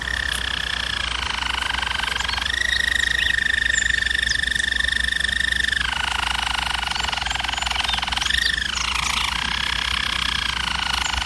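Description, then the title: German Roller canary song: a level sustained roll, a brighter steady tour, then a sudden drop into lower rolling notes. Used for canary training. "German Roller Canary Singing - Canary Training Vid"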